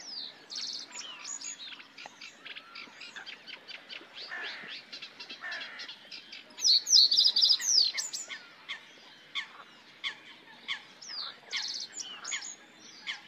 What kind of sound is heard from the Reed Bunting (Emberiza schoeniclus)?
song